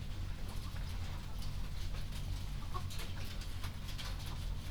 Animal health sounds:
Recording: poultry house recording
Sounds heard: healthy chickens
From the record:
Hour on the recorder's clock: 22

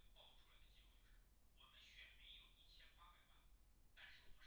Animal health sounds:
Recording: poultry house recording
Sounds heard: no chicken sound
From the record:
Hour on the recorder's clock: 10

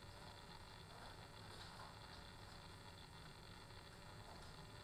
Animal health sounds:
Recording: poultry house recording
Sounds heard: no chicken sound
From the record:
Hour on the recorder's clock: 15

